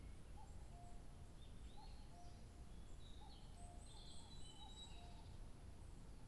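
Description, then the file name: Bird song: repeated soft low whistles, with brief high trills and chirps, against a steady low hum. 2 July 2023. "birdsong 20230702"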